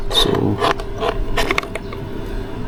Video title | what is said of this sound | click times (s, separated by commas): Nag Assemble Tayo ng 48v Lifepo4 Battery Pack | diyan yan nag-lock na. | 1.6 s